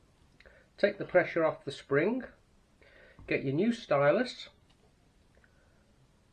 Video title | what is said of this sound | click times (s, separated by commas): BSR Stylus Replacement | and with the pressure released, clip it in like that. Did you hear the little click? | 5.4 s